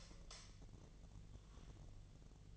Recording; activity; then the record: daily activity, microphone in the room; light off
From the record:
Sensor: 4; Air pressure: 1010.7 hPa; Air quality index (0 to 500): 174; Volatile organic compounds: 5 ppm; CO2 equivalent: 1768 ppm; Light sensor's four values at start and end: 36/105/41/42 and 35/104/41/41